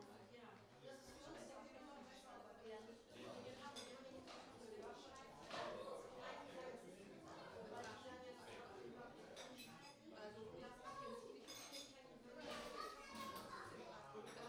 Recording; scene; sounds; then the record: everyday scene through a hearing-aid microphone; many people talking; many voices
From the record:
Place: parish hall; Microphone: in the ear canal, right